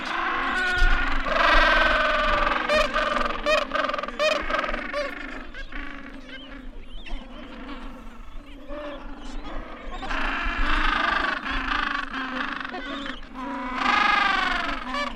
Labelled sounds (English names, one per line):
Gentoo Penguin call